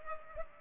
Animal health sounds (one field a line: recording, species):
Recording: mosquito wingbeat signal from an infrared sensor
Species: Culex pipiens